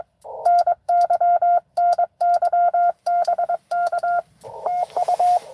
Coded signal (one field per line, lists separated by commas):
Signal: Morse code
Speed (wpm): 23 wpm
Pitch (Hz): 700 Hz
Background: none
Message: NY NY BK TU